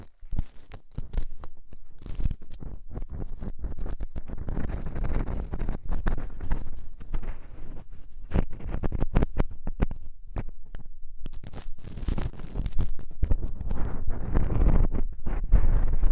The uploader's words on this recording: ASMR INTENSE Deep Ear Cleaning (No Talking).